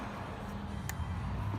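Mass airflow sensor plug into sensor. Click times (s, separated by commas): 0.9 s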